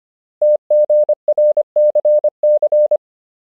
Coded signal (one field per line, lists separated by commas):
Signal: Morse code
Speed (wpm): 25 wpm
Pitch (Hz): 600 Hz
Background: none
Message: TGRCC